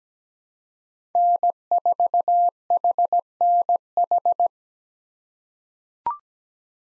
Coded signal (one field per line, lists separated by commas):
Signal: Morse code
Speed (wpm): 17 wpm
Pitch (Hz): 700 Hz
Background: none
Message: N4HNH